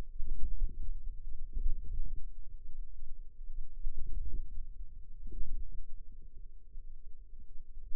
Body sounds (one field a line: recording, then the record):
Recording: forearm muscle sounds (acoustic myography)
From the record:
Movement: ulnar deviation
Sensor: system 2, bracelet of six BSWA MPA416 microphones around the upper forearm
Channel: 2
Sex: female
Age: 21 years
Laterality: right